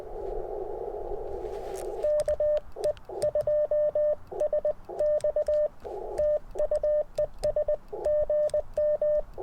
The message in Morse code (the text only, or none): KE2SX TU ES GM